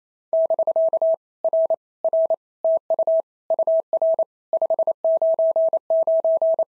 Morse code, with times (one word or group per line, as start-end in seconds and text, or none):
0.3-1.1 <BK>
1.4-1.7 R
2.0-2.3 R
2.6-3.2 TU
3.5-4.2 UR
4.5-6.6 599